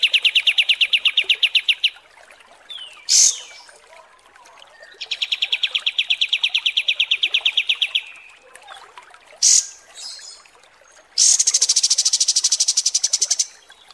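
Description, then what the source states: Kapas tembak: bird song: alternating long rapid chip trains and brief high shrill bursts, ending in a dense piercing trill. Masteran training recording of kapas tembak, a bird song used for teaching song.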